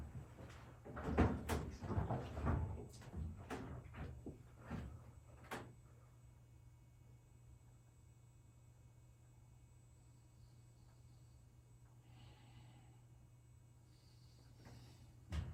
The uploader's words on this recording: Just me looking oddly into the camera as I move clothes from the washer to the dryer.